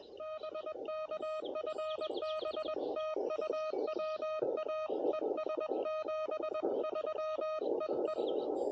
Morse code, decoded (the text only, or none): BK FB TU WA ES 73 EE